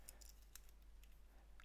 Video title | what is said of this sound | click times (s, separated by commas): Omega Seamaster Diver 300M Co-Axial Master Chronometer 4K Watch Review | nice positive click to the two button push clasp | 0.6 s